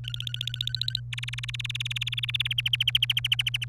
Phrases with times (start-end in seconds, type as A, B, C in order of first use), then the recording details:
0.04-1.00 A, 1.13-2.47 B, 2.51-3.64 C. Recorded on 27 April 2018 at 15:25. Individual llb3